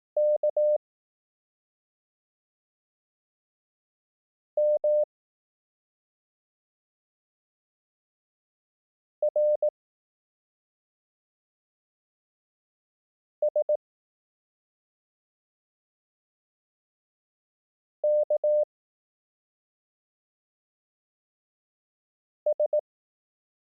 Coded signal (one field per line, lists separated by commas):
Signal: Morse code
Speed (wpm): 18 wpm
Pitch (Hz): 600 Hz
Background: none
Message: K M R S K S